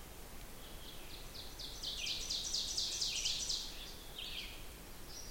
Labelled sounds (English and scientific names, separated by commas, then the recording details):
Ovenbird (Seiurus aurocapilla) song
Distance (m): 50 m
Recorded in boreal forest in Alberta, Canada, on 16 June 2016 at 08:30
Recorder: SongMeter 3, array SBT-3-32
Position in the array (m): 162 m, 33 m
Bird 36